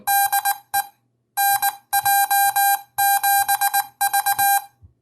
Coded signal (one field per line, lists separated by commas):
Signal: Morse code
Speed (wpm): 19 wpm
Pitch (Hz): 800 Hz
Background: none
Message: DE NJ7V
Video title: 2 Homebrew Build of a Force Touch Sensing Morse Code Paddle